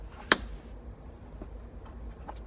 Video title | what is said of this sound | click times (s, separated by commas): Dodge Charger LED Interior Light Kit Installation | Clip these back in, they just snap right into place. | 0.3 s